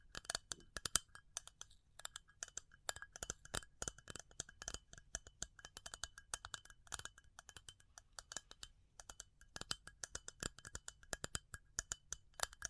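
Crisp tapping fills the clip, sharp clicky strikes with a glassy, clinking edge. The taps come in dense, irregular bursts, sometimes rapid flurries and sometimes spaced apart, with a few brief pauses near two and seven seconds. A low steady hum sits underneath.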